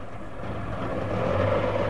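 An engine is switched on and rumbles to life, giving off exhaust fumes: a low, steady drone that swells a little louder and gains a humming tone toward the end. No one speaks.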